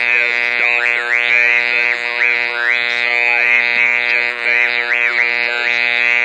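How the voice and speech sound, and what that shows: A steady mechanical buzz at one fixed pitch carries the words, which are shaped by mouth movements but sound robotic and hard to make out. This is electrolarynx speech, an artificial voice source used in place of the voice box, with the device held in front of the lips.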